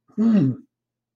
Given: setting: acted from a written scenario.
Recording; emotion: vocal sound without words; interest